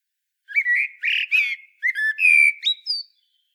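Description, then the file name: Common blackbird song: a flowing run of warbled fluty whistles, some buzzy, rising to thin high squeaky notes at the close, no other sounds. "Turdus merula"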